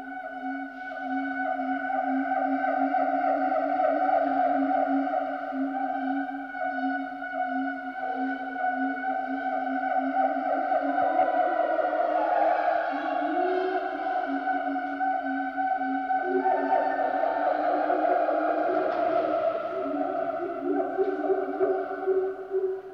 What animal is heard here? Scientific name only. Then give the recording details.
Symphalangus syndactylus. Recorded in captivity. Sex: pair. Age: adult. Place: Zoo Berlin, Berlin, DE. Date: 1988-11-05. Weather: sonnig, -3 bis +3°C. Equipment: Sony WM-D6C, Kopie 19 cm. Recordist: Tembrock, Günter